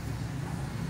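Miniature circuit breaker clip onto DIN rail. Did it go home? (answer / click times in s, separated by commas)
no / none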